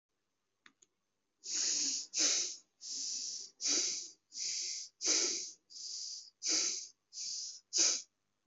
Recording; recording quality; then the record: deep breathing; excellent, no background noise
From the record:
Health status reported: COVID-19 positive, mild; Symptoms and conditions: fever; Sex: male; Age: 40 years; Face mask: not worn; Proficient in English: no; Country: India